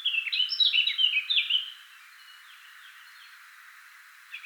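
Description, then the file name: Eurasian blackcap giving a brief, fast warbled phrase, then quiet with a few faint, soft descending notes and a short final chirp. "Sylvia atricapilla"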